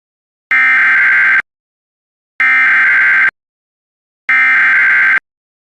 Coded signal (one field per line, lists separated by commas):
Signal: Emergency Alert System (SAME) tones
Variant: header bursts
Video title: EAS #736 Immediate Evacuation (THOUGHT THEY WERE OVER)